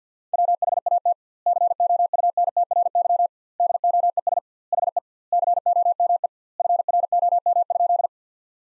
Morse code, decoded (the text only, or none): WHAT COUNTRY DOES HE COME FROM?